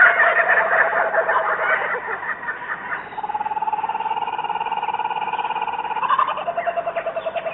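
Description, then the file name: Kookaburra laughter, harsh cackling at first, then evenly pulsed chuckling notes repeated rapidly. "kukaburra"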